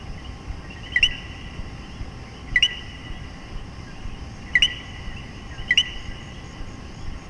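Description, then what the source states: Common coquí frog giving four two-note calls, a brief low note then a higher upslurred qui, spaced one to two seconds apart amid quiet ambient noise. Puerto Rico.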